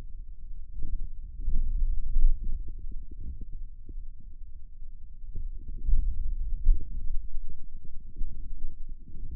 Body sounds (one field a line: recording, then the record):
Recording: forearm muscle sounds (acoustic myography)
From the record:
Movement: hand opening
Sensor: system 2, bracelet of six BSWA MPA416 microphones around the upper forearm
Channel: 4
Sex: male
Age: 22 years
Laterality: right